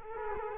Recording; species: mosquito wingbeat signal from an infrared sensor; Culex quinquefasciatus